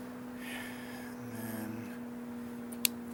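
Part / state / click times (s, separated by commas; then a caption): small engine component snapping onto a lawn mower engine / seated / 2.9 s. During reassembly of a small Honda OHC engine on a Craftsman lawn mower that would not start and would run and die, a plastic or metal engine part is pushed into its spot. Over a steady low hum, a faint tick at 2.7 s comes just before one sharp click at 2.9 s as the part snaps into place and seats.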